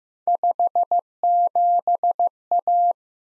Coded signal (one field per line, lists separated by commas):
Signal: Morse code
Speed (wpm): 15 wpm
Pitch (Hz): 700 Hz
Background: none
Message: 57A